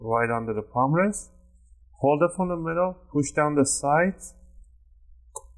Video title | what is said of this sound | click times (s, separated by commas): How to Replace the Keyboard on Dell Inspiron 15 7559 - Step-by-Step Guide ⌨️ | make sure you tightly now let go and push down on every clip and you should hear those click sound and | 5.4 s